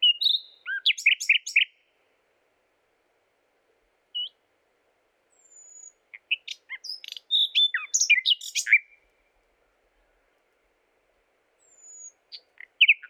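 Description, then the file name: Common nightingale song in varied bursts of liquid chirps and whistles, a thin high whistle between phrases, with short silences separating the phrases. "Luscinia megarhynchos"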